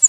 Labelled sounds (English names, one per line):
Cape May Warbler flight call